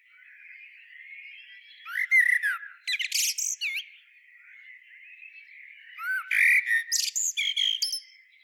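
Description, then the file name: Eurasian blackbird song in two phrases, rich whistled notes that dip and rise, then a rapid series of sharp, high squeaky notes. "Turdus merula"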